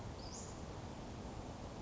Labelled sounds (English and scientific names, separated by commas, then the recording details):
Western Flycatcher (Empidonax difficilis)
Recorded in Sonoma County, California